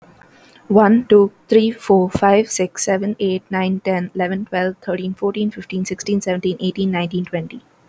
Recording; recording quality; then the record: counting at a fast pace; moderate, slight background noise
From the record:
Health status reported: healthy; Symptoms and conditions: none ticked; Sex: female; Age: 22 years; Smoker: not ticked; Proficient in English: yes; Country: India